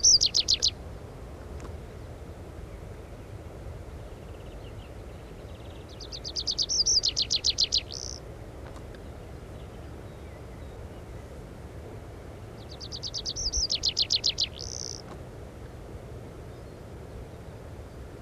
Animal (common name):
Tree Pipit